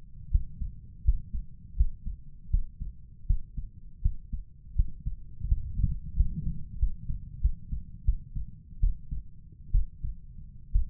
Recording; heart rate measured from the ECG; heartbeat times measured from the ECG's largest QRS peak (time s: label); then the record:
heart sounds by stethoscope; 81 bpm
0.30 s: heartbeat
1.04 s: heartbeat
1.76 s: heartbeat
2.50 s: heartbeat
3.26 s: heartbeat
4.01 s: heartbeat
4.75 s: heartbeat
5.47 s: heartbeat
6.15 s: heartbeat
6.78 s: heartbeat
7.41 s: heartbeat
8.04 s: heartbeat
8.80 s: heartbeat
9.71 s: heartbeat
10.72 s: heartbeat
From the record:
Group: healthy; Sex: male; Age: 35 years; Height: 178 cm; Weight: 64 kg